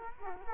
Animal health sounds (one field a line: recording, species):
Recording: mosquito wingbeat signal from an infrared sensor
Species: Culex quinquefasciatus